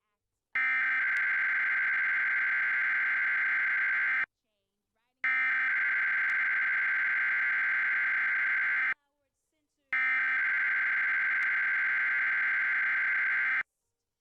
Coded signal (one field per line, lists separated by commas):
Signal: Emergency Alert System (SAME) tones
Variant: header bursts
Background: speech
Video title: EAS Required Weekly Test on WCVE (PBS/VPM)